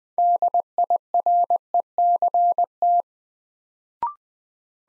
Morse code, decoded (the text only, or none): DIRECT